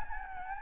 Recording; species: mosquito wingbeat signal from an infrared sensor; Anopheles gambiae